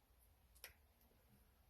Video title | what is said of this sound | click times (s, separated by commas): Honda 600 Calipers Rebuild | and put the dust boot on it until it snaps into place | 0.6 s